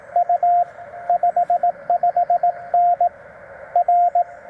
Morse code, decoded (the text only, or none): U 55N R